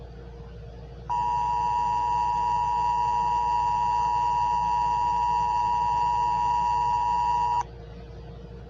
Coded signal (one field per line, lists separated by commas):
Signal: Emergency Alert System (SAME) tones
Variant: 853 and 960 Hz attention tone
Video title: eas scary alien invasion fake